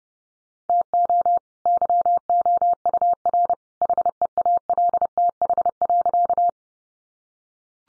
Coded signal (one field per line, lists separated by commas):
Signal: Morse code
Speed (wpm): 30 wpm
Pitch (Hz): 700 Hz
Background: none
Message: TO YOUR HEALTH.